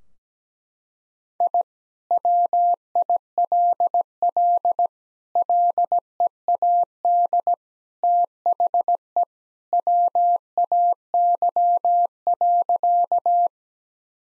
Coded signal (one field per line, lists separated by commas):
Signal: Morse code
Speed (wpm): 17 wpm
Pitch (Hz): 700 Hz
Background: none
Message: I WILL LEAD THE WAY.